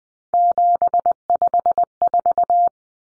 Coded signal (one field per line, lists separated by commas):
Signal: Morse code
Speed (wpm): 20 wpm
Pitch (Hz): 700 Hz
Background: none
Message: 754